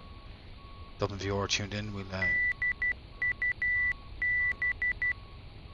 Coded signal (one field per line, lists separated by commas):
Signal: Morse code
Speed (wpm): 12 wpm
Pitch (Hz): 2000 Hz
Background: speech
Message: DUB